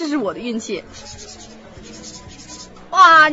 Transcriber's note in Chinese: scratch, scratch